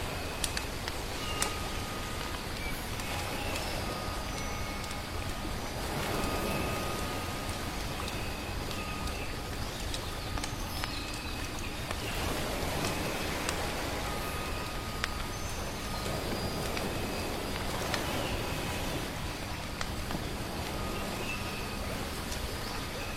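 Soft waves wash in as a steady, dense rush with a low rumble, swelling around 6, 12 and 16 seconds. Thin bird whistles and short chirps come and go above it, with scattered small crackles from firewood.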